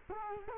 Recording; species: mosquito wingbeat signal from an infrared sensor; Culex quinquefasciatus